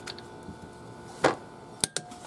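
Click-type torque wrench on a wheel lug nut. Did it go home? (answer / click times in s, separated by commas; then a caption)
yes / 1.8 s, 2.0 s. A DEWALT DWMT82839 tire change kit's click-type torque wrench is tightened on a wheel lug nut, with a brief rustling burst at 1.3 s before two sharp mechanical clicks at 1.8 s and 2.0 s. The wrench reaches its set torque and clicks, showing the lug nut, already tightened earlier, is tight enough.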